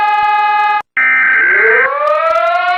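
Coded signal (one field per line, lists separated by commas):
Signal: Emergency Alert System (SAME) tones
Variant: header bursts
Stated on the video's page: Mock alert, not a real activation.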